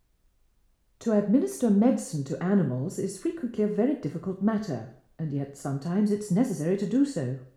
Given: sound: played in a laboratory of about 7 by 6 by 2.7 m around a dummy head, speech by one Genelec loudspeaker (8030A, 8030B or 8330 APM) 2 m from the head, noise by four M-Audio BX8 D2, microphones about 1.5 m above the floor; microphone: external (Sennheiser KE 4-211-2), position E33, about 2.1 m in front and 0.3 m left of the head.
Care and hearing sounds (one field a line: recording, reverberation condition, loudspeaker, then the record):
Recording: female speech in English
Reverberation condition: medium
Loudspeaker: in front (0 degrees)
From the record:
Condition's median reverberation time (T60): about 510 ms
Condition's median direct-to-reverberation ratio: about -0.5 dB